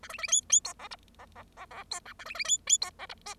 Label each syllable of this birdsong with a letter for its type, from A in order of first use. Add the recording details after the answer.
A B B C C D E F E E E E D G A B B C C D E F H. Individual Bird0